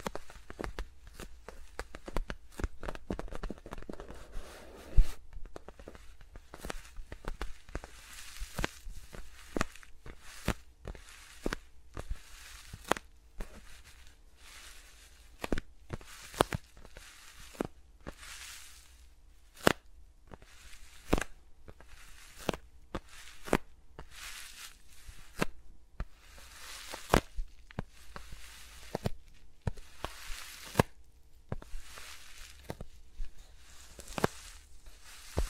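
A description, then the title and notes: Fingers move around the microphones with no talking, making a steady run of crisp taps, brushes and rubs. The short clicks come every half second or so, with a few sharper knocks near 5, 20 and 31 seconds over a faint low hum. ASMR with Mics Around My Fingers (No Talking).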